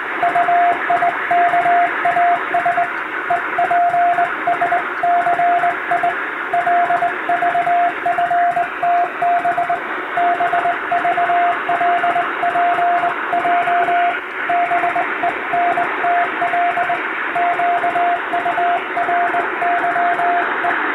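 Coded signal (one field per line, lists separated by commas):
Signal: Morse code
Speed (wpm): 20 wpm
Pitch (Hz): 700 Hz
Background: radio noise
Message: UIKAS EPSCI LVFTB BVLPJ BENTL QURYE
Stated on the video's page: Hand-keyed Morse practice sent on a straight key by a first-class radiotelegraph operator, using telegram practice texts.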